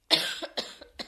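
An adult woman gives three quick cough bursts within about a second: a longer first cough followed by two shorter ones. Each is abrupt and harsh, with a small room behind it. An ordinary short coughing bout, put down to changes in air temperature.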